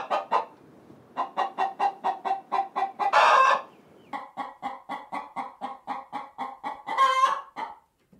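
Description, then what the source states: Chicken: hen clucking in a steady run of short, evenly spaced clucks, broken twice by a louder, drawn-out squawk. Hen (adult female).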